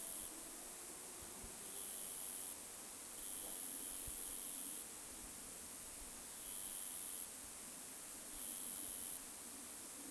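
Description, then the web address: Grasshopper song: very high, hissing, buzzy bursts about a second long, repeated every few seconds over a steady background hiss. Possibly a new grasshopper species; the song somewhat resembles a quiet Savi's warbler; recorded 22 August 2026. "paivat 22 8 2026 joku uusi heinasirkkalaji muistuttaa ehka hieman hiljaista ruokosirkkalintua kenties"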